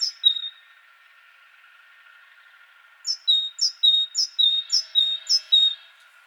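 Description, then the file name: Great tit singing: one brief high-low phrase, a pause of about two and a half seconds, then about six rapid two-note phrases, each a sharp high note falling to a lower whistle. "Parus major"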